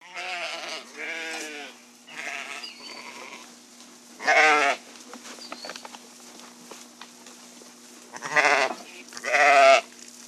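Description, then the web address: Sheep bleating: several wavering, harmonic bleats, some short and others longer and louder, spaced irregularly throughout over a steady low hum. "овцы"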